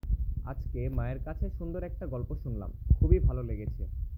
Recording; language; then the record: elicited speech; Bengali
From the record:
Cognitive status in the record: cognitively healthy